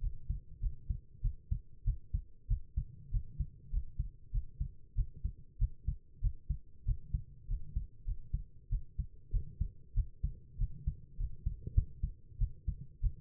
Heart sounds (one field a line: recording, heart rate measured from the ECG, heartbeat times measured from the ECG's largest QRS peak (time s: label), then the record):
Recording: heart sounds by stethoscope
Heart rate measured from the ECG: 97 bpm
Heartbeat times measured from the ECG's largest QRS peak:
0.00 s: heartbeat
0.60 s: heartbeat
1.21 s: heartbeat
1.84 s: heartbeat
2.47 s: heartbeat
3.10 s: heartbeat
3.70 s: heartbeat
4.31 s: heartbeat
4.95 s: heartbeat
5.58 s: heartbeat
6.20 s: heartbeat
6.85 s: heartbeat
7.47 s: heartbeat
8.05 s: heartbeat
8.69 s: heartbeat
9.30 s: heartbeat
9.93 s: heartbeat
10.57 s: heartbeat
11.17 s: heartbeat
11.73 s: heartbeat
12.38 s: heartbeat
13.00 s: heartbeat
From the record:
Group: healthy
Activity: rest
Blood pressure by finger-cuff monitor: 128/77 mmHg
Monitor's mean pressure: 92 mmHg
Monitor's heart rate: 95 bpm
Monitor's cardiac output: 7.9 L/min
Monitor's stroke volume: 81 mL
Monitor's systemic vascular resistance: 850 dyn s/cm5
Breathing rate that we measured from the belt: 17 breaths a minute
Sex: female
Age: 19 years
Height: 163 cm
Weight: 51 kg